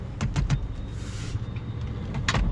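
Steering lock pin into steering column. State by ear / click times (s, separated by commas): seated / 2.3 s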